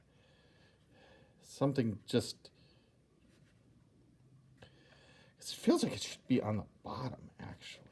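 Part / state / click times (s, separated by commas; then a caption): plastic part into toy vehicle / not seated / none. A plastic part is handled against a 1988 G.I. Joe Cobra BUGG toy vehicle while someone talks, with a faint soft tap near 4.6 s. The part is not yet home; nothing has seated or clicked yet.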